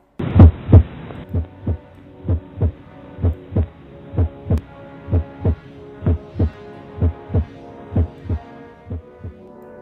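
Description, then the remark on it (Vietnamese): A steady heartbeat plays alone, a long run of deep, muffled thumps repeating at an even, fairly quick pace over a low, continuous hum. No one speaks. “Chỉ còn lại cái tiếng nhịp tim của tôi đập thật khẽ, tiếng tim đập vang vọng.”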